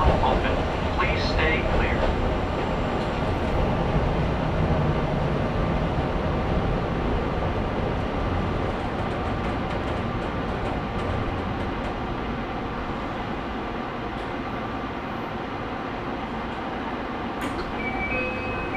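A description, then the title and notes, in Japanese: A Kintetsu express train runs between Yokkaichi and Ise-Wakamatsu with a steady, dense low rumble and rattle that holds for the whole clip. A faint tone sits above the roar, with small clicks and a sharp tick near seventeen seconds. 近鉄急行 四日市→伊勢若松。モーター音や加速の違いが歴然としています。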